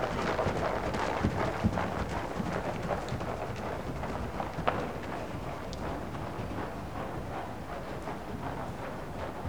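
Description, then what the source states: Horse hoofbeats at a brisk pace, repeated thuds of around two or three per second with occasional louder strikes, against a constant low rumble. One horse working in an indoor school.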